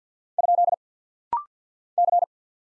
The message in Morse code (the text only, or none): ? C